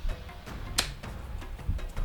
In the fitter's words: oh yeah kind of clicks into place there nice and neat